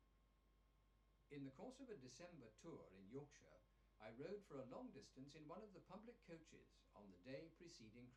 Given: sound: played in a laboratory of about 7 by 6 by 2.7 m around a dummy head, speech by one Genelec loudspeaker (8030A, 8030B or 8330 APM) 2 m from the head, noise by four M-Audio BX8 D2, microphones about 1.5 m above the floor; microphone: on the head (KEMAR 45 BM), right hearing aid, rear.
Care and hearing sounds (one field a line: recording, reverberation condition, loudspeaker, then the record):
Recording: male speech in English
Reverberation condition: low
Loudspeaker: in front (0 degrees)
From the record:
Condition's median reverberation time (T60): about 310 ms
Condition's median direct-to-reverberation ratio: about 3.5 dB